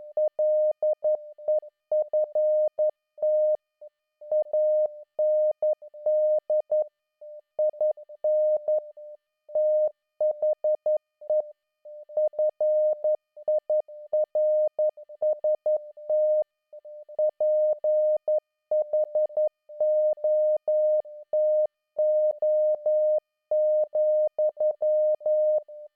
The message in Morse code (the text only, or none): LEFT AND IN THE FIRST PHOTO,